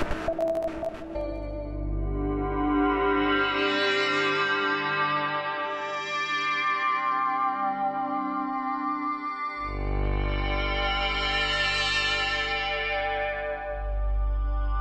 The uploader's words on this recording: A selection of some of the noise scenes generated algorithmically for the "Cluster" light and sound installation. Sound is generated by analising pixels in a video, and transforming pixel luminance into amplitude of partials, or frequency of a band-pass filter bank applied to white noise.